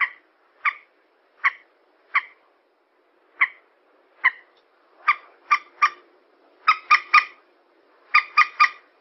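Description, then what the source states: Yellow-vented bulbul calls: spaced single harsh notes at first, then quick triplets of clipped, raspy notes. Bird lure recording.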